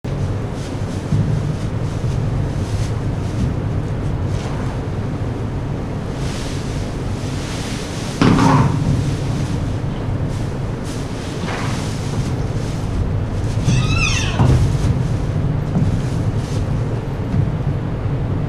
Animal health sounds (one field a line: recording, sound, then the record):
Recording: horse showing discomfort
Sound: squealing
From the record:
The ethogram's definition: a short, sharp, high-pitched vocalization